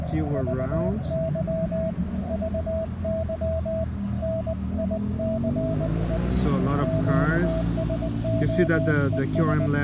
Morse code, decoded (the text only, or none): VY VY NICE QSO ES